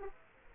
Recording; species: mosquito wingbeat signal from an infrared sensor; Aedes aegypti